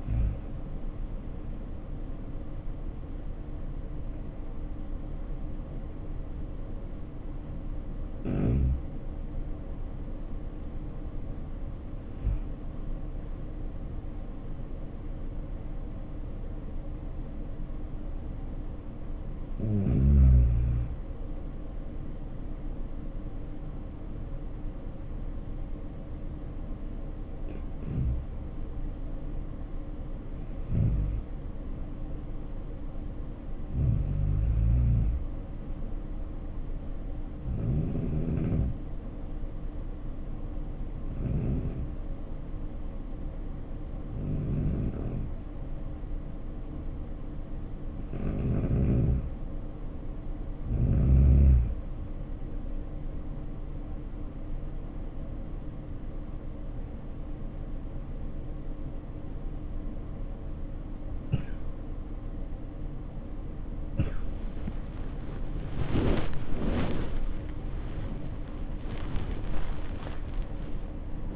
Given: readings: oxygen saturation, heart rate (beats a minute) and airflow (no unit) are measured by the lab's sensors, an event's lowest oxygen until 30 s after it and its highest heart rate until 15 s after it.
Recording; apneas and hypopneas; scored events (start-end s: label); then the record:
breathing in sleep by a smartphone at the bedside; 2
9.00-27.50 s: hypopnea (N2, oxygen 96% highest, then 92% lowest, heart rate 75 at the start, 77 highest)
44.00-60.90 s: hypopnea (N2, oxygen 94% highest, then 89% lowest, heart rate 66 at the start, 91 highest)
53.00-71.36 s: new sleep stage, awake
54.00-71.36 s: awake
From the record:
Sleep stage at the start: N2 (light sleep); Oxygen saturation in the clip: 90 to 96%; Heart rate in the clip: 54 to 89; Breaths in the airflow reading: 17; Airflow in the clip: -8.2 to 7.4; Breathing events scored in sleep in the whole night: 520 in 7.2 hours asleep